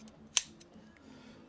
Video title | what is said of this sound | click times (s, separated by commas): Dal Soggio fork service | And that's seated, well, you heard it click, so that's seated in there as well. | 0.4 s